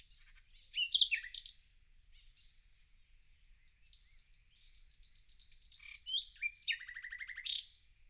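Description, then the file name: Common nightingale song: loud sharp notes, quiet warbling, then a loud flourish and a fast rattling trill. "Luscinia megarhynchos"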